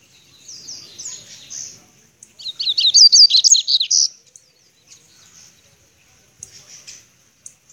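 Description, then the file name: Seedeater giving one quick warbled phrase of high, sweet up-and-down notes, framed by faint chips and soft twitters. "canto do papa capim"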